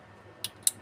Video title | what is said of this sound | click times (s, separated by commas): Pesenan Jaka dan Agnus di Bandung Reflektor Yamaha X-Ride Old Merk WIN Motif SPIDER Hitam Doff | Sampai bunyi klik ya | 0.7 s